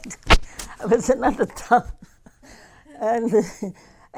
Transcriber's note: she laughs